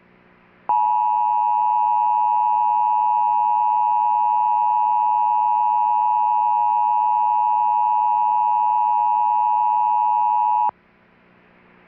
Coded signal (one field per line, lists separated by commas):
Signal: Emergency Alert System (SAME) tones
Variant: 853 and 960 Hz attention tone